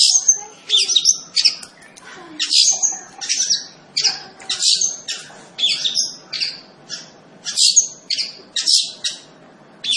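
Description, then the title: Long-tailed shrike song: a lively, varied jumble of high squeaky whistles, harsh chirps and trills delivered rapidly throughout. Singing lively (gacor). "Cendet Gacor"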